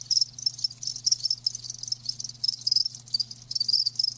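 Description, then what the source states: Cricket: high, thin pulsing chirps repeated in quick bursts, rising and falling in loudness, over a low faint hum. Live crickets chirping.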